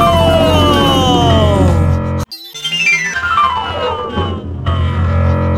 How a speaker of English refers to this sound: Siren!